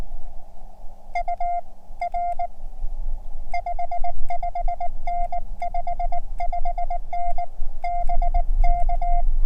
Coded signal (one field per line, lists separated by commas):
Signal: Morse code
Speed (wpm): 19 wpm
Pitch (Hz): 700 Hz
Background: none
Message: UR 55N55N BK